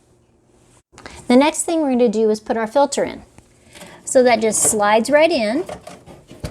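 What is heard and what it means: A filter is being slid into its slot in the plastic housing of an IGWorks iHarvest hydroponic system while someone talks. Brief handling sounds come at about 1.0 and 1.1 seconds, then mostly speech. Nothing has seated or clicked into place yet when the clip ends.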